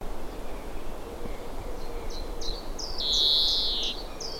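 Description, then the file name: European greenfinch producing a few quick high chirps leading into one long buzzy, nasal wheeze, over a low background rumble. "Chloris chloris"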